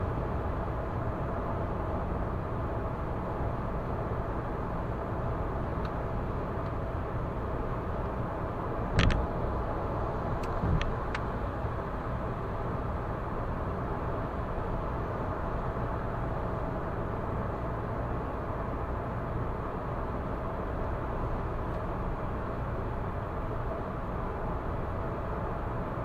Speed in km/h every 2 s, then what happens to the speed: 105, 105, 105, 105, 105, 105, 105, 105, 105, 105, 106, 106, 106.
0-26 steady at about 105.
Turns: none.